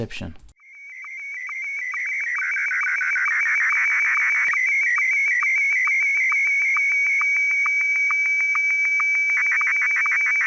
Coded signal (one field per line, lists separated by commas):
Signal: SSTV (slow-scan television)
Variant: Martin 1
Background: speech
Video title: October 2020 SSTV reception from ISS